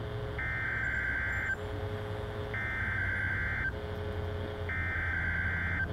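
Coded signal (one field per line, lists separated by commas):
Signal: Emergency Alert System (SAME) tones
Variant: header bursts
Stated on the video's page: Required Weekly Test sent over a NOAA Weather Radio station.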